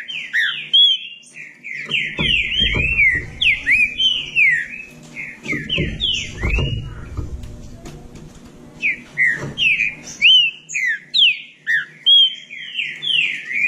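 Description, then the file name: Green-winged saltator song: rapid streams of slurred whistled notes in repeated bursts, with low rumbling noises between phrases. "canto do trinca ferro"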